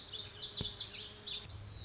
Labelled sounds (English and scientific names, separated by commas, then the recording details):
Lazuli Bunting (Passerina amoena)
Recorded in Sonoma County, California